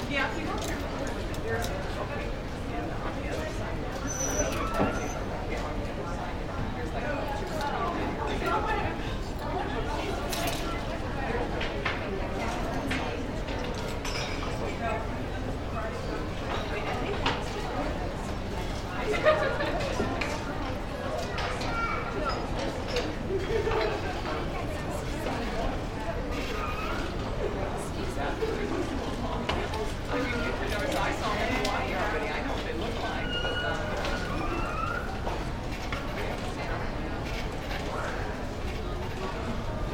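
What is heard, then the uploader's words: A steady murmur of many customer voices fills a store, dense and overlapping, none standing out clearly. The level stays even throughout, over a low background hum, with occasional faint clinks and small knocks, a sharper one near nineteen seconds. The gentle murmur of voices.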